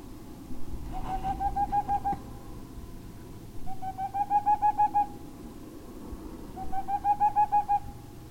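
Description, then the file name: Boreal owl song: three quick bursts of soft, hollow hoots, each about a second long and rising slightly, repeated roughly every three seconds over a low steady hum. "Parluggla"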